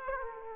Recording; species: mosquito wingbeat signal from an infrared sensor; Aedes aegypti